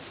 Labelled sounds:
Prairie Warbler flight call

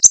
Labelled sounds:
Connecticut Warbler flight call

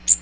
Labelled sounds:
Magnolia Warbler flight call

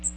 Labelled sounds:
Magnolia Warbler flight call

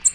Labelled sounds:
American Redstart flight call

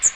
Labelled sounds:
Magnolia Warbler flight call

